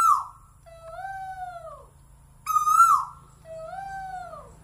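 Bird calls: loud, harsh, arched notes twice, each followed by a soft, drawn-out, falling two-tone whistle, over a faint steady low hum.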